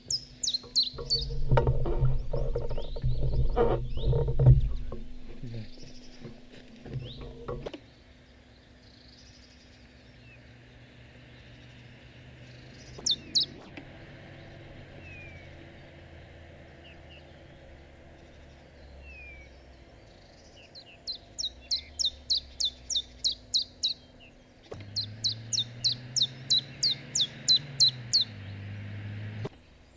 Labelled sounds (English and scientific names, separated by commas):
Common Chaffinch (Fringilla coelebs)